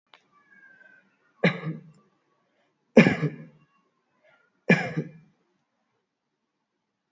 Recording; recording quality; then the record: shallow voluntary cough; excellent, no background noise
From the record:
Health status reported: healthy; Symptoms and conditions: none ticked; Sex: male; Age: 42 years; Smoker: not ticked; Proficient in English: yes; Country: India